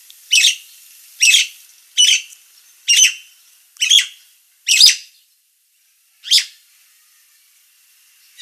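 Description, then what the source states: Nias hill myna repeating short rasping, high-pitched calls roughly once a second, six in a row, then a gap before a final harsh note. Described as a persistently singing (gacor), noisy (berisik) Nias myna.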